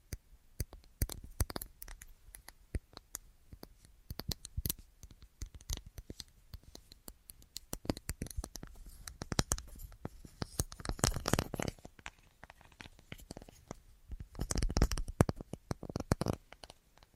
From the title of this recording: Tapping Assortment